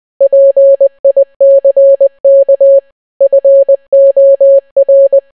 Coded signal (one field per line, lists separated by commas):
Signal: Morse code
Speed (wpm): 20 wpm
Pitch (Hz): 550 Hz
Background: none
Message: PICK FOR